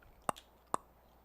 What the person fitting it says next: Just hear the click. There we go.